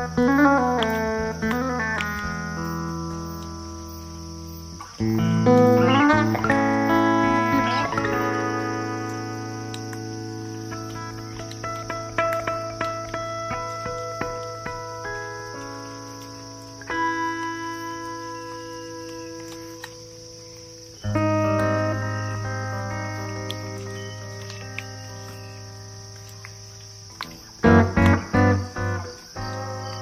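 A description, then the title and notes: Birds of paradise call over a steady, high insect buzz that runs the whole time, with a low hum beneath. Rich, wavering calls start at about 0, 5, 17 and 21 seconds, broken by scattered sharp clicks. A quick burst of loud clicks comes near 28 seconds. Paradise Birds Of Raja Ampat.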